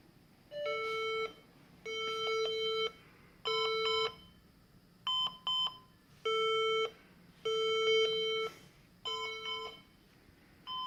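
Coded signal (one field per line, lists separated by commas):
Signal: beep code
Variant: HP EliteDesk 800 G2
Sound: series of about eight harsh square-wave beeps, roughly one second each, uneven gaps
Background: small room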